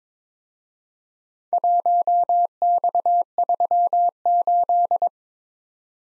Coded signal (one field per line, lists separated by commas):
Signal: Morse code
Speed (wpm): 26 wpm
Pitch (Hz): 700 Hz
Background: none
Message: 1X38